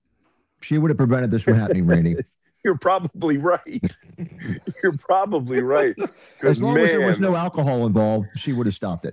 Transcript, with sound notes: She would have prevented this from happening, Randy.
(laughs) You're probably right. (laughs) You're probably right, 'cause, man-
(laughs) As long as there was no alcohol involved, she would have stopped it.